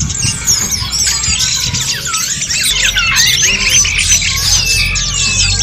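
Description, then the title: Birds singing in a dense, continuous chorus of overlapping high chirps, trills and whistles, with a steady low rumble underneath. "SuaraBurung Kicau"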